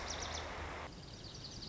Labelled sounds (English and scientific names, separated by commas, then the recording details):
Lazuli Bunting (Passerina amoena)
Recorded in Sonoma County, California